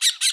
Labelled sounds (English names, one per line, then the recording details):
Brown-throated Parakeet contact call
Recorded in Bonaire
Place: just S of turnoff to Cai, near Lac Bay
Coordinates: 12.126, -68.239